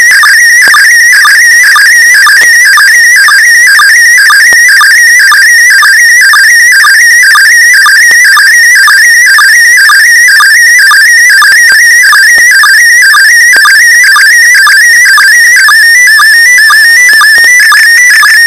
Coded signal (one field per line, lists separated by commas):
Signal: SSTV (slow-scan television)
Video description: Slow Scan Television (#SSTV) image transmitted from #ISS the International Space Station.